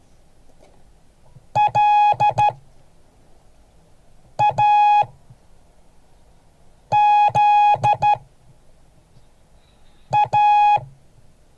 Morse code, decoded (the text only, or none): LAZA